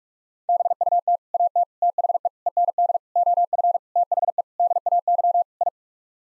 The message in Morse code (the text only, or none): BUT AT THE END OF THE DAY I